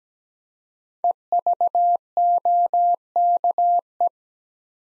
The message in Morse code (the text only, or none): EVOKE